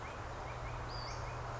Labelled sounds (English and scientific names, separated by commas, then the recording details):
Western Flycatcher (Empidonax difficilis)
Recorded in Sonoma County, California